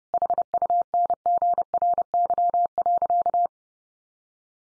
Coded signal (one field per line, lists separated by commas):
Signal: Morse code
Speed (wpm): 30 wpm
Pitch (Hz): 700 Hz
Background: none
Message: HUNGRY.